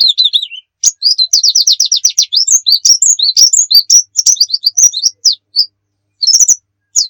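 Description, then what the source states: White-eye song, a fast run of thin, high chirps and slurred notes tumbling on for several seconds before shorter bursts near the close. Pleci muria type; masteran (song-training material).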